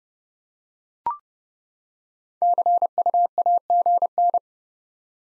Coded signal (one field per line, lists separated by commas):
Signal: Morse code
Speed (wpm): 30 wpm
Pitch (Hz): 700 Hz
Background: none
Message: CUAGN